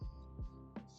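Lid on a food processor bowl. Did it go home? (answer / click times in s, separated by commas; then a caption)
no / none. A food processor lid is fitted onto its bowl and handled over background music, with low thumps near 0.0 and 0.4 seconds and a brief sharp sound at 0.8 seconds. The lid has not locked into place yet.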